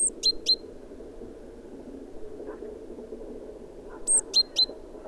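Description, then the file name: Great tit calls: two short groups of very high, piercing notes with a thin lower note, separated by several seconds of quiet hum. "Parus major"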